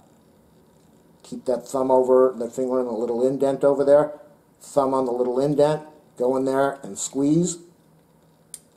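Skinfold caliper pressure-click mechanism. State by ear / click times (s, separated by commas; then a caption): torque reached / 8.5 s. Someone talks while squeezing a plastic Accu-Measure body fat skinfold caliper on a pinch of abdominal skin beside the belly button. The caliper's pressure mechanism gives a short, sharp click at 8.5 s, showing it has reached its set pressure.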